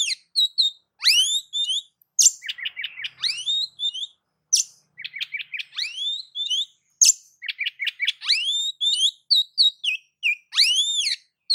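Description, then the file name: Oriental magpie-robin singing a long, varied stream of quick chips, upswept whistles and high warbles, with repeated harsh notes between phrases. "Suara-Kacer-Versi-7"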